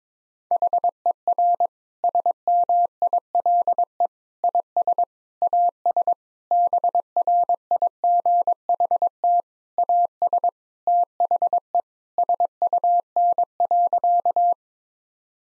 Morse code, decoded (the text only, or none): HER SMILE IS AS BRIGHT AS THE SUN.